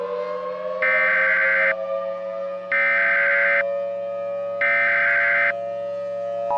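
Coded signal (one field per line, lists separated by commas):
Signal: Emergency Alert System (SAME) tones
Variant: header bursts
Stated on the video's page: Fictional scenario using valid tones.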